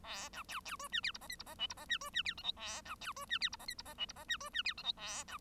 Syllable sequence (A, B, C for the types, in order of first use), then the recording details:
A B C C D E F G H I G H J G H E D E F K L A B C D E F G H I G H J G H E D E F K L A B. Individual Bird1